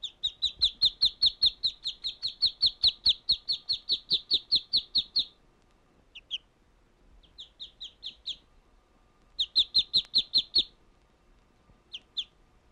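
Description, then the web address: Duck peeping: long, rapid string of high, falling peeps for five seconds, then scattered short groups, another brisk burst, and a final lone peep. "утки"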